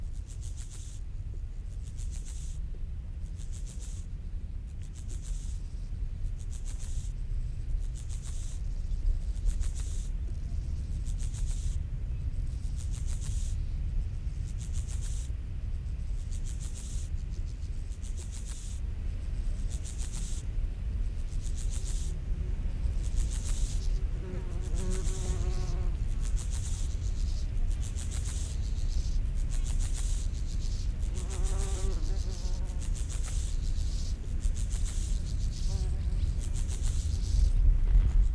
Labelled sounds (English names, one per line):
Steppe Grasshopper stridulation